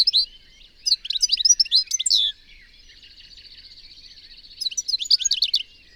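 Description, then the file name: European goldfinch song: bright, jangling bursts of fast twittering notes, the gap between the two main bursts filled by a soft, rapid buzzy trill. "Carduelis carduelis"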